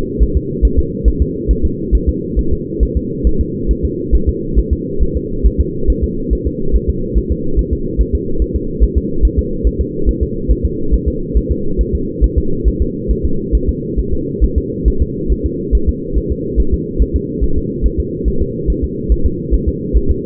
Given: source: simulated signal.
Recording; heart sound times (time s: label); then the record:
fetal heart sounds
0.22 s: S1
0.37 s: S2
0.65 s: S1
0.79 s: S2
1.08 s: S1
1.22 s: S2
1.51 s: S1
1.65 s: S2
1.95 s: S1
2.09 s: S2
2.39 s: S1
2.53 s: S2
2.83 s: S1
2.97 s: S2
3.27 s: S1
3.41 s: S2
3.71 s: S1
3.85 s: S2
4.15 s: S1
4.29 s: S2
4.59 s: S1
4.73 s: S2
5.02 s: S1
5.17 s: S2
5.46 s: S1
5.60 s: S2
5.90 s: S1
6.04 s: S2
6.33 s: S1
6.47 s: S2
6.75 s: S1
6.90 s: S2
7.17 s: S1
7.32 s: S2
7.59 s: S1
7.73 s: S2
8.01 s: S1
8.15 s: S2
8.42 s: S1
8.56 s: S2
8.83 s: S1
8.97 s: S2
9.25 s: S1
9.39 s: S2
9.67 s: S1
9.81 s: S2
10.09 s: S1
10.23 s: S2
10.51 s: S1
10.65 s: S2
10.94 s: S1
11.08 s: S2
11.37 s: S1
11.52 s: S2
11.81 s: S1
11.95 s: S2
12.24 s: S1
12.38 s: S2
12.68 s: S1
12.82 s: S2
13.11 s: S1
13.25 s: S2
13.55 s: S1
13.69 s: S2
13.99 s: S1
14.13 s: S2
14.44 s: S1
14.58 s: S2
14.88 s: S1
15.02 s: S2
15.32 s: S1
15.46 s: S2
15.75 s: S1
15.89 s: S2
16.17 s: S1
16.32 s: S2
16.60 s: S1
16.74 s: S2
17.02 s: S1
17.16 s: S2
17.44 s: S1
17.58 s: S2
17.86 s: S1
18.00 s: S2
18.28 s: S1
18.42 s: S2
18.70 s: S1
18.84 s: S2
19.12 s: S1
19.26 s: S2
19.54 s: S1
19.68 s: S2
19.97 s: S1
20.11 s: S2
From the record:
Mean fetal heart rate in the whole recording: 140 bpm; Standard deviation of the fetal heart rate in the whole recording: 2 bpm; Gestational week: 34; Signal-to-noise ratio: -8.1 dB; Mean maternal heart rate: 72 bpm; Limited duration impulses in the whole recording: absent